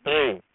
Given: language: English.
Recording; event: throat vibration sensor signal played as sound; speech